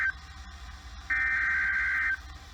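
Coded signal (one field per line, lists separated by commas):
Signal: Emergency Alert System (SAME) tones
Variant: header bursts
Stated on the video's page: Multiple EAS alerts captured on one day, before a tropical storm.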